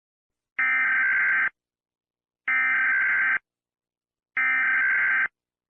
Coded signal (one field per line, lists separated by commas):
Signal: Emergency Alert System (SAME) tones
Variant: header bursts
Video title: Tuvalu EAS Alarm